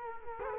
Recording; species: mosquito wingbeat signal from an infrared sensor; Culex quinquefasciatus